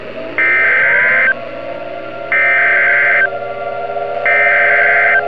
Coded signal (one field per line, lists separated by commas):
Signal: Emergency Alert System (SAME) tones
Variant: header bursts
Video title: EAS SCENARIO: Above The Clouds